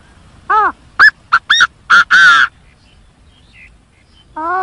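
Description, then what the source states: Chinese francolin giving one phrase of loud harsh notes, arched, clipped and then broad and grating, followed by quiet and the start of another phrase. In forest.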